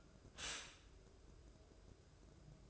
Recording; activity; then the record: daily activity, microphone in the room; stop toaster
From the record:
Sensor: 2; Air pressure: 1007.0 hPa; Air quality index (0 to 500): 42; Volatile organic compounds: 1 ppm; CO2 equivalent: 545 ppm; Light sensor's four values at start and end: 6/14/6/6 and 6/14/6/6